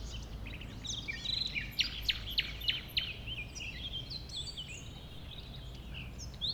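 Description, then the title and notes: Common nightingale singing a series of loud, percussive repeated notes about three per second, then softer varied twitters. A nightingale, one of a few settled on the banks of a stream forming a pond 1500 m from the A20; recorded around 8 am on Sunday 12 April. "Un Rossignol Envers Et Contre Tout. un rossignol venu avec quelques autres s'installer sur les rives d'un ruisseau formant un étang à 1500 mètres de l'A 20. Ces moments ont été enregistrés vers 8h le dimanche 12 avril"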